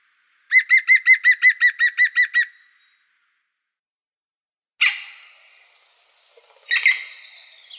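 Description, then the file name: European green woodpecker giving a laughing call: about ten loud, evenly spaced ringing notes over two seconds, then silence, followed by harsh rasping sounds. "dyatel zelenyy golos"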